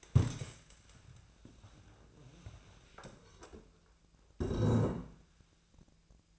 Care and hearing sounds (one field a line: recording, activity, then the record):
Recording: daily activity, microphone in the room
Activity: stand up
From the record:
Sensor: 2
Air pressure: 1000.3 hPa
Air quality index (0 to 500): 160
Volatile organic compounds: 3 ppm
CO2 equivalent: 1339 ppm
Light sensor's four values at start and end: 8/19/8/9 and 8/18/8/9